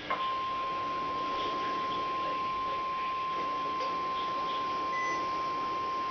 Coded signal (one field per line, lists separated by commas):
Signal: Emergency Alert System (SAME) tones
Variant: 1050 Hz attention tone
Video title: EAS Alert #78 - Severe Thunderstorm Warning #11 6/30/14